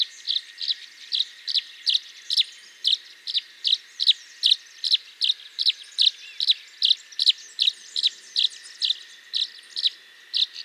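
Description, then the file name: Tree swallow calls: short, bright, high chirps repeated steadily many times, over a thin continuous drone in the background. "Tachycineta bicolor - Tree Swallow"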